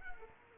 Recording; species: mosquito wingbeat signal from an infrared sensor; Culex quinquefasciatus